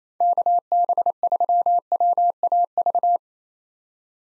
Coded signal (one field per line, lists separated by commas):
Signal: Morse code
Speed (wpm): 28 wpm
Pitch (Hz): 700 Hz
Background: none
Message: KB3WAV